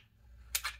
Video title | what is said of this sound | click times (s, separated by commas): How to replace your FSC heat-core o-ring with info. | i don't know if you guys can hear this there's a little click there | 0.6 s